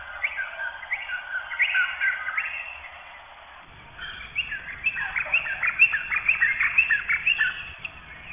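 Fuscous honeyeater calls: scattered chirpy notes at first, then after a brief lull a livelier burst of quick, sharp chirps and short whistles.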